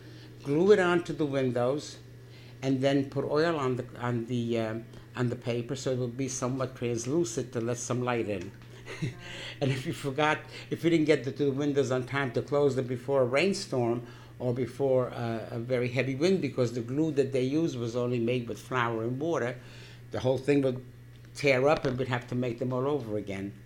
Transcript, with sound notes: Glue it on to the windows, and then put oil on the paper so it would be somewhat translucent to let some light in. ( she laughs ) And if you forgot, if you didn't get to the windows on time to close it before a rainstorm or before a very heavy wind, because the glue that they used was only made with flour and water, the whole thing would tear up and we'd have to make them all over again.